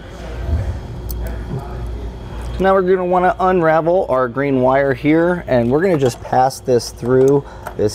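Orange plastic locking tabs on a Curt trailer wiring T-connector, plugged into the tail light harness connector of a 2019 Ford Transit Connect, are pressed in to lock the connector halves together. A single sharp click sounds at 1.1 s over low rumble, and the connector is seated and locked in place. Someone then talks from about 2.6 s onward.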